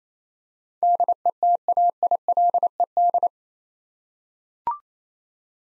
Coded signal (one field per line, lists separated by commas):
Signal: Morse code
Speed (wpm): 28 wpm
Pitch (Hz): 700 Hz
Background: none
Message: DETAILED